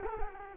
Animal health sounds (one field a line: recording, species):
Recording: mosquito wingbeat signal from an infrared sensor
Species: Culex quinquefasciatus